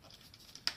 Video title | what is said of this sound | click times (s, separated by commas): ILIFE W90 : un vrai concurrent du Dyson V15S à seulement 100 € ? | on entend un petit clicti, vous tirez sur le manche vers le | 0.7 s